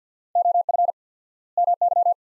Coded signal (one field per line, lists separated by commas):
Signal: Morse code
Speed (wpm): 50 wpm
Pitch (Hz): 700 Hz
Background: none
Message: OF MY